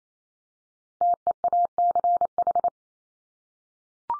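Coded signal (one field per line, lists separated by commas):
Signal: Morse code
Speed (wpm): 28 wpm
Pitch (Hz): 700 Hz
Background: none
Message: TEACH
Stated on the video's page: Common-word head-copy practice at 28 wpm, each word sent three times in Morse.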